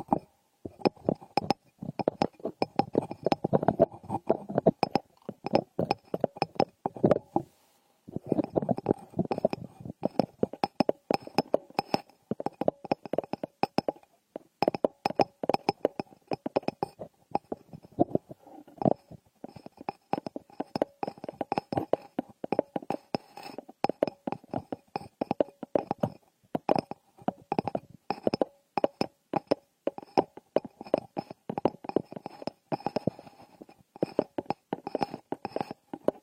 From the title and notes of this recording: Frosted Bath Ball Ear Picking Experience.